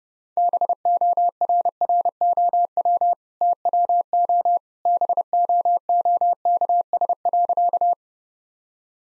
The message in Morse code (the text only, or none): BORROW TWO BOOKS.